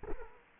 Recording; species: mosquito wingbeat signal from an infrared sensor; Culex quinquefasciatus